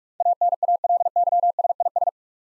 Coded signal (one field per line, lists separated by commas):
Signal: Morse code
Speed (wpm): 44 wpm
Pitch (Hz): 700 Hz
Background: none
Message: ANALYSIS